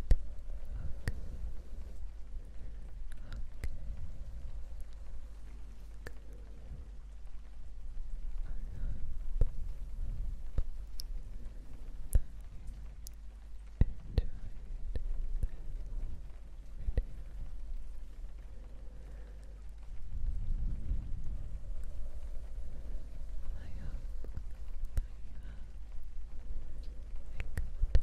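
Soft breathy whispers and mic brushing over steady rain, with scattered sharp taps and crackles and a low rumbling swell near twenty seconds.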